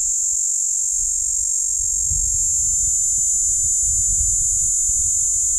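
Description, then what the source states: Platypleura plumosa cicada giving an unbroken, sizzling high buzz at a constant pitch, over soft low gusts of wind. Platypleura plumosa, recorded at Steytlerville.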